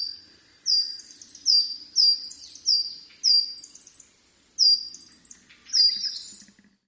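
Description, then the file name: Coal tit singing high, thin two-note phrases, a bright note followed by a higher one, repeated several times, with faint low background sounds. "higara"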